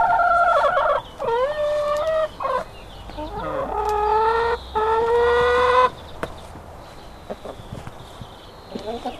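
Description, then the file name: Chicken: hens cackling with a mix of short stepped notes and long drawn calls, a small bird's thin whistle near the end. Hens, recorded 5 April 2014 on an MZ-N710 recorder. "MZ-N 710 Poules 5 04 14"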